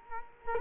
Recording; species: mosquito wingbeat signal from an infrared sensor; Culex quinquefasciatus